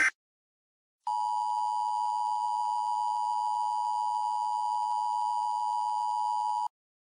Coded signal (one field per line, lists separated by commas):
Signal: Emergency Alert System (SAME) tones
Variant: 853 and 960 Hz attention tone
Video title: EAS Scenario Short: TAU Doomsday